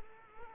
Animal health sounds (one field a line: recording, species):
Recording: mosquito wingbeat signal from an infrared sensor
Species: Culex quinquefasciatus